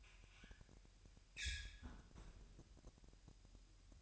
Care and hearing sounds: daily activity, microphone in the room; close fridge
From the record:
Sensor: 2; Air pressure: 1001.8 hPa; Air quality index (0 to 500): 246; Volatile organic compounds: 35 ppm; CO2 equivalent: 3054 ppm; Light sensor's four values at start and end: 8/28/11/10 and 8/28/11/10

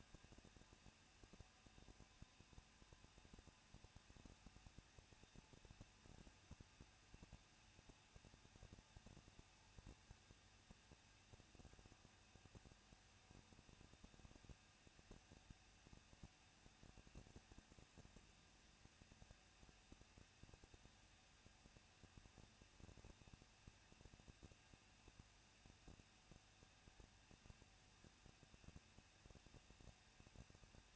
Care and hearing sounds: daily activity, microphone in the room; no activity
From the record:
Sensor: 2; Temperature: 21.0 degrees Celsius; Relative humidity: 37.3%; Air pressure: 1006.4 hPa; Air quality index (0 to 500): 220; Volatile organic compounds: 23 ppm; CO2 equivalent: 2774 ppm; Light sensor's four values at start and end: 2/3/2/2 and 2/3/2/2

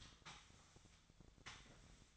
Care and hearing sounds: daily activity, microphone in the room; sweep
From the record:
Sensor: 3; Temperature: 24.4 degrees Celsius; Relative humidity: 34.2%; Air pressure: 1004.7 hPa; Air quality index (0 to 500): 87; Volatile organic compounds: 3 ppm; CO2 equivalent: 1326 ppm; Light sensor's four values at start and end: 7/17/7/6 and 7/17/7/6

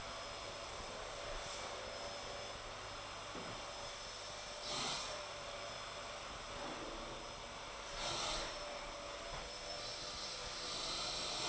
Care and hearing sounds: daily activity, microphone in the room; vacuum cleaning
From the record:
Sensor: 5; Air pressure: 995.4 hPa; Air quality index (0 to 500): 81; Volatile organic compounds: 3 ppm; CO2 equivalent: 1495 ppm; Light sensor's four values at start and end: 36/87/35/36 and 36/87/35/36

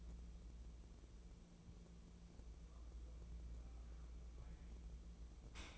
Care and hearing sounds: daily activity, microphone in the room; wipe stove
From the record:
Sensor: 1

